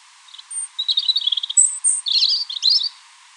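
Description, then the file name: European robin song: high thin whistles, a rattling trill, then bursts of jumbled twitters. "Erithacus rubecula"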